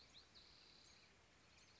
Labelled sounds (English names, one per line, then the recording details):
Spotted Towhee
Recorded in Sonoma County, California